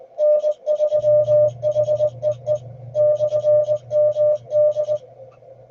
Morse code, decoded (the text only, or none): N3HEE /MD